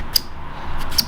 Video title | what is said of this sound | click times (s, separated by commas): Mathews V3 review | you'll hear it lock. | 0.2 s, 1.0 s